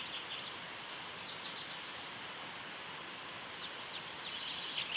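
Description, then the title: São Francisco Sparrow song: around eight high, thin, falling notes in an even series, followed by softer scattered chirps. "LuckyPassaro Completos2Sama. Sao Francisco Sparrow (Arremon franciscanus)"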